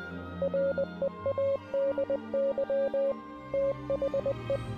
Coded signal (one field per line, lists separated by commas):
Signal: Morse code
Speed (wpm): 20 wpm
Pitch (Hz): 550 Hz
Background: music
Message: READY THE